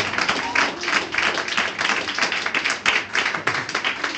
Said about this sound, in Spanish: Eso. ¡Fuerte el aplauso!